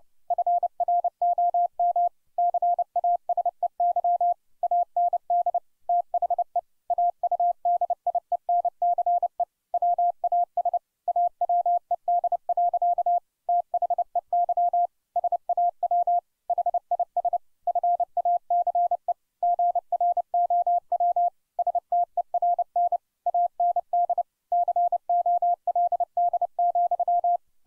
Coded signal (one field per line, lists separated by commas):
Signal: Morse code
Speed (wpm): 30 wpm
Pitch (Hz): 700 Hz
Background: none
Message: FROM CASEY AND THE AUDIENCE WAS AWED. THEY SAW HIS FACE GROW STERN AND COLD,